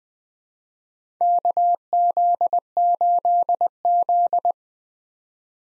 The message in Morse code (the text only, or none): KZ8Z